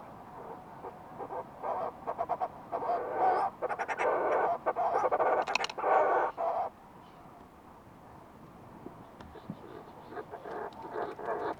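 Fulmar prion delivering loud, rapid stuttering croaks in long harsh bursts, then quieter, sparser pulsed calls afterwards.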